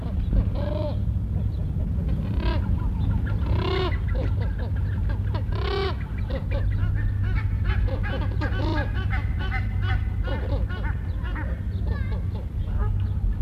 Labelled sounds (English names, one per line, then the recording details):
Upland Goose call
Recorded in captivity
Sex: diverse
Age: adult
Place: Zoo Gelsenkirchen, Nordrhein-Westfalen, DE
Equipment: Halbspur, 9,5 cm/s
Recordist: Lütgens, Hans